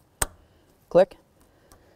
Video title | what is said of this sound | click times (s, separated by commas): How to Replace Fuel Pump 07-12 Nissan Altima | same thing for this listen for that click click | 0.2 s